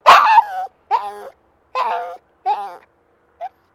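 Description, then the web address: Maltese terrier giving high-pitched, whining yelps: one sharp bark followed by four shorter, wavering cries spaced under a second apart. Small dog in a distressed state, barking. "Sound Effects-Foundation 2 DOG MALTESE TERRIER DISTRESSED BARKING"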